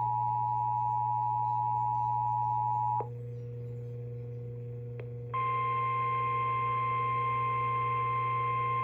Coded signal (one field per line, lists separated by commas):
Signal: Emergency Alert System (SAME) tones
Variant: 853 and 960 Hz attention tone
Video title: EAS 1144: MTR RWT